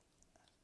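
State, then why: Not seated. A plastic BOOMco Quicksnap toy blaster is pulled back to prime it after a dart is loaded. Only faint, brief plastic sounds are heard against a quiet background, and nothing has clicked into place. The priming mechanism does not catch in its cocked position, so it will not hold and fires off instead.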